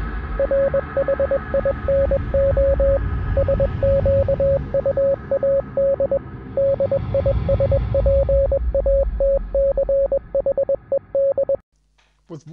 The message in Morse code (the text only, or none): RHINO SQUAD DISPATCHED